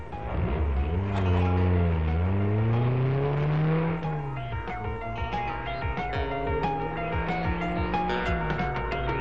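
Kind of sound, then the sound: vehicle, car engine revving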